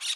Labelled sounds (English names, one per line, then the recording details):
Brown-throated Parakeet contact call
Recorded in Curacao